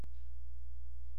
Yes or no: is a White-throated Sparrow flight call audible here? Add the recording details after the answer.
no. No flight call is heard. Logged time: 00:13 on 16 September 2014